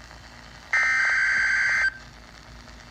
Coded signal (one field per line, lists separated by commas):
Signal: Emergency Alert System (SAME) tones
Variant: header bursts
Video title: EAS Flash flood warning Anne Arundel county MD